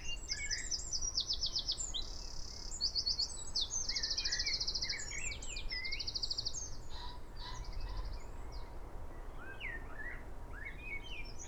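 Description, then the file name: Eurasian wren delivering a long, fast song of piercing high trills and rattles, then scattered chirps toward the end, with continuous low background noise. "Troglodytes troglodytes"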